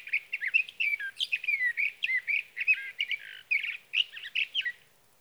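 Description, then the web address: Sage thrasher song, a long rapid warbled run of varied whistled notes, mostly high-pitched, continuing without pause for about five seconds. "birdsongforthecurious Sage Thrasher"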